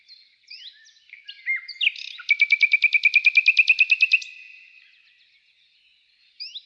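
Bird sounds: assorted chirps build into a quick, regular trill of bright notes for two seconds, then quiet and one final upslurred call.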